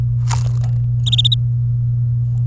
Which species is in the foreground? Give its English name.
Domestic Canary